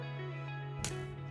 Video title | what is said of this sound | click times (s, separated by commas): Changing Hardbody Trebles with ease : Hack | line it up, and we should hear a click when it engages, | 0.8 s